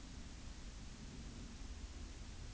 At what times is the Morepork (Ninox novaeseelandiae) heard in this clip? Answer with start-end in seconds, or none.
none